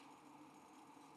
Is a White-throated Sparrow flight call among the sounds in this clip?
no